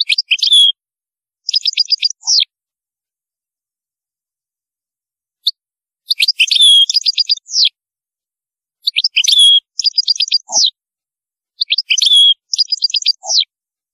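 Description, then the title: European goldfinch song in short bursts of liquid twittering and buzzy notes, repeated every few seconds with quiet gaps between. "Chant Chardonneret"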